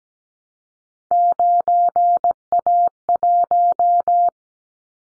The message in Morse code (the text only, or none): 9A1